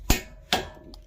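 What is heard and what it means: The axle nut on a CV axle of a 2010 Toyota Camry is tightened with a click-type torque wrench set to 217 ft-lb. A sharp metallic hit comes at 0.1 s, then the wrench breaks over with a crisp click at 0.5 s, followed by a faint tick near 0.9 s. The nut has reached its torque setting.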